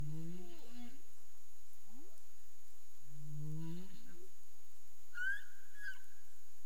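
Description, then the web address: Humpback whale giving low, wavering moans with rich harmonics, a quick rising swoop between them, then a higher, brief tonal cry near the end. Caribbean, 30 April 2035 at 03:35 UTC. "CARIMAM clean data humpback whale 20350430 033531 UTC"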